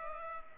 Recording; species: mosquito wingbeat signal from an infrared sensor; Culex pipiens